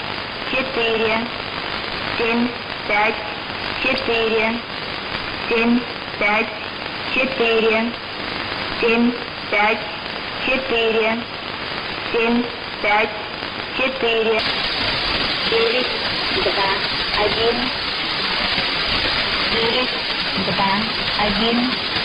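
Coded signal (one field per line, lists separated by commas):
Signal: numbers station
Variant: S06s, Russian female voice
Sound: woman's voice reading short Russian words at an even pace through static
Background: radio static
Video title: 03 04 2018 S06s Russian Lady numbers station in Russian to Eu 1100 on 6190 unknown tx site in CUSB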